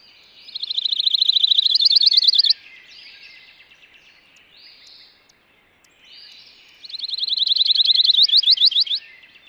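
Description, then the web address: Pine warbler song: two even, musical trills of rapid repeated notes, separated by a pause with soft chirps. Spring song. "suono del canto primaverile del cantore della pineta"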